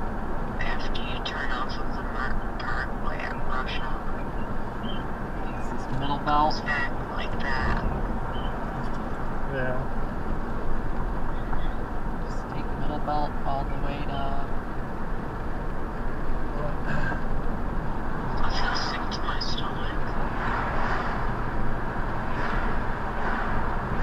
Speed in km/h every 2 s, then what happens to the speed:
58, 58, 58, 58, 60, 60, 61, 61, 60, 58, 58, 61.
0-24 steady at about 58.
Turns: none.